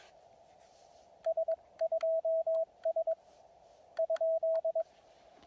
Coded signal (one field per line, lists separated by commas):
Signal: Morse code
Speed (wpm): 22 wpm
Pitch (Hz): 650 Hz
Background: radio noise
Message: S2S ?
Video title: #HamRadio Live! Show 271. Summits On The Air (SOTA). What They Are And How To Do One Of Your Own!￼